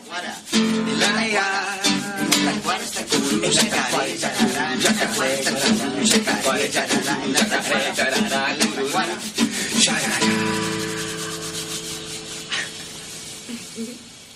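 A person imitates the call of a yaguareté (jaguar) with a loud, rhythmic series of hoarse, rasping grunts. The sawing rasp carries on steadily for several seconds, then gives way to a sustained, lower droning tone.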